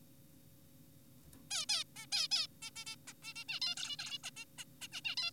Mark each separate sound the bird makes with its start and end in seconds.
1.51-1.66, 1.69-1.84, 1.96-2.06, 2.12-2.28, 2.32-2.47, 2.62-2.71, 2.76-2.84, 2.87-2.96, 3.08-3.13, 3.22-3.34, 3.36-3.44, 3.48-3.60, 3.62-3.75, 3.77-3.96, 3.99-4.18, 4.24-4.30, 4.37-4.45, 4.58-4.64, 4.82-4.88, 4.93-5.01, 5.05-5.16, 5.17-5.31